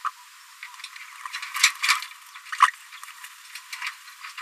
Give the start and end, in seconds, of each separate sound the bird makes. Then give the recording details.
0.04-0.10. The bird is a female. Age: 27 days. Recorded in a nest box in Venezuela. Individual 17B73B2